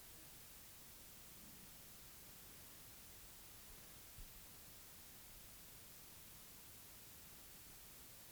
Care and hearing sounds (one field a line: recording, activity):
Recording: daily activity, guitar pickup as the sensor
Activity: sit